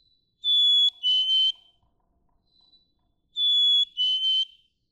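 Black-capped chickadee singing two clean whistled fee-bee phrases, each a higher note sliding to a lower one, with a quiet pause between them.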